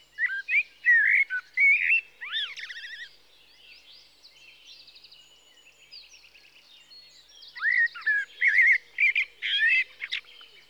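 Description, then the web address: Common blackbird singing mellow whistled phrases that slide and warble, each closing with thin high twittering, then a quiet gap before the next phrase begins. "BBC Sound Effects Library. Blackbird (Turdus Merula)"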